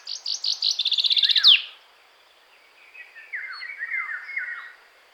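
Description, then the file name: Common chaffinch song: a quick trill of bright notes speeding up over about a second and a half, ending in a sharp flourish; softer descending notes follow. "Fringilla coelebs"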